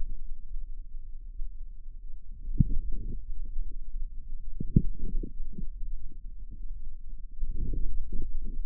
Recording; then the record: forearm muscle sounds (acoustic myography)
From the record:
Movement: inward rotation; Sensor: system 2, bracelet of six BSWA MPA416 microphones around the upper forearm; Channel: 4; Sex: female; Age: 23 years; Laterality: right